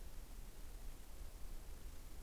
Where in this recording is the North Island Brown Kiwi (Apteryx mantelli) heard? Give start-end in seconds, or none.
none